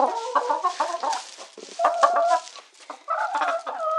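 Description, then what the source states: Chicken giving rapid, raucous squawks that run together in dense bursts, with a short lull before a final loud outburst. Chicken giving distress calls.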